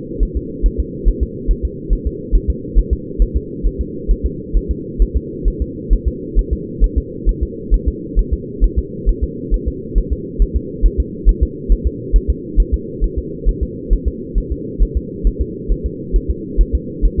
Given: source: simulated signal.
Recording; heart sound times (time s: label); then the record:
fetal heart sounds
0.23 s: S1
0.37 s: S2
0.66 s: S1
0.80 s: S2
1.08 s: S1
1.23 s: S2
1.51 s: S1
1.65 s: S2
1.93 s: S1
2.07 s: S2
2.35 s: S1
2.50 s: S2
2.78 s: S1
2.93 s: S2
3.22 s: S1
3.36 s: S2
3.66 s: S1
3.81 s: S2
4.11 s: S1
4.26 s: S2
4.57 s: S1
4.71 s: S2
5.02 s: S1
5.16 s: S2
5.48 s: S1
5.62 s: S2
5.93 s: S1
6.08 s: S2
6.39 s: S1
6.53 s: S2
6.84 s: S1
6.98 s: S2
7.29 s: S1
7.43 s: S2
7.74 s: S1
7.88 s: S2
8.19 s: S1
8.33 s: S2
8.64 s: S1
8.78 s: S2
9.09 s: S1
9.23 s: S2
9.54 s: S1
9.68 s: S2
9.98 s: S1
10.13 s: S2
10.42 s: S1
10.56 s: S2
10.86 s: S1
11.00 s: S2
11.29 s: S1
11.43 s: S2
11.72 s: S1
11.87 s: S2
12.16 s: S1
12.30 s: S2
12.60 s: S1
12.74 s: S2
13.04 s: S1
13.18 s: S2
13.49 s: S1
13.63 s: S2
13.93 s: S1
14.08 s: S2
14.38 s: S1
14.52 s: S2
14.83 s: S1
14.97 s: S2
15.27 s: S1
15.41 s: S2
15.72 s: S1
15.86 s: S2
16.16 s: S1
16.30 s: S2
16.61 s: S1
16.75 s: S2
17.05 s: S1
17.20 s: S2
From the record:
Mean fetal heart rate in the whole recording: 135 bpm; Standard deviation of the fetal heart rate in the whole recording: 3 bpm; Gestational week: 36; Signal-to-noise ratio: -4.1 dB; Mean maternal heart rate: no maternal heart sound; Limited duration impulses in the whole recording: absent